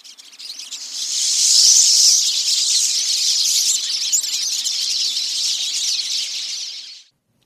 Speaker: it's the sound of a flock of pine siskins.